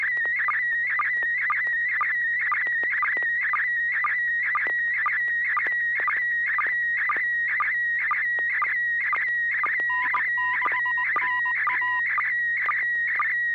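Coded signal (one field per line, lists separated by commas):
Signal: SSTV (slow-scan television)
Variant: PD120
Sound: warbling steady tone around 2 kHz with a quick low chirp twice a second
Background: low hum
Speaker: joelie are you ready to share an image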